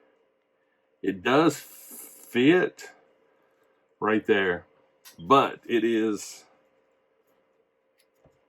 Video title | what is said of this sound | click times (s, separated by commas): Star Wars The Black Series Gaming Greats Scout Trooper Unboxing and Review. | it's loose it doesn't snap in uh so i don't know if i would | none